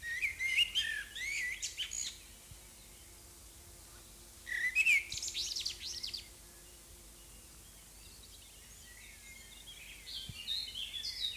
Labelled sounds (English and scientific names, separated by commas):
Common Blackbird (Turdus merula) song